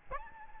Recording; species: mosquito wingbeat signal from an infrared sensor; Aedes albopictus